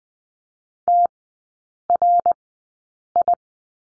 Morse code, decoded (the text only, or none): TRI